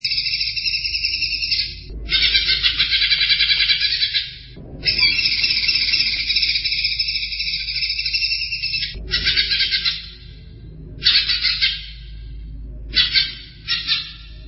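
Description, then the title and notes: Greater green leafbird song: sustained, rich warbling phrases of mixed whistles and trills, several seconds long, broken by brief pauses, over a faint low rumble. Described as a champion songbird; chirping song. "Kicau Burung Cucak Ijo Juara. Suara kicauan burung cucak ijo"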